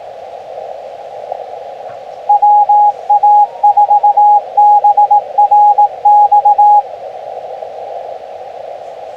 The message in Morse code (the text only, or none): WA4BRX